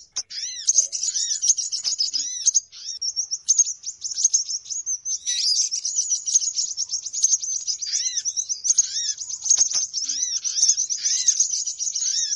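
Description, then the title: Birds chirping and twittering in a loud, continuous chorus, high notes flowing steadily while arched lower whistles recur throughout. Noisy bird lure call for attracting birds. "Suara Pikat Burung Ribut"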